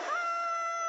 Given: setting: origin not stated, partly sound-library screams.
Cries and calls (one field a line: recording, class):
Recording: one-second piece from a danger detection set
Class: woman in danger